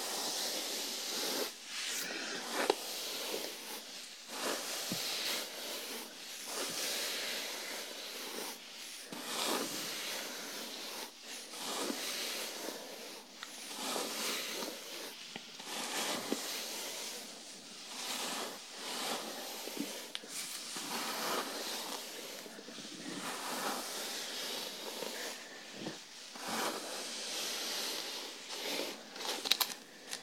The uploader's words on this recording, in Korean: 토탈케어 F코스 ASMR (샴푸, 스킨케어, 두피마사지, 헤어브러싱).